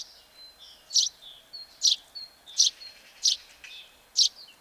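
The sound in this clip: Eurasian tree sparrow giving short, harsh chirps repeated roughly every second, with faint thin whistles between them; no other clear sounds.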